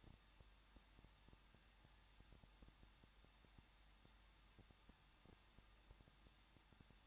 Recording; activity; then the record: daily activity, microphone in the room; no activity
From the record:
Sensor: 3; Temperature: 21.2 degrees Celsius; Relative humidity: 36.2%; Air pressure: 1006.5 hPa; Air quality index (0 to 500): 220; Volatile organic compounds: 39 ppm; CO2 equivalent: 3131 ppm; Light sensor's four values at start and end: 2/3/2/2 and 2/3/2/2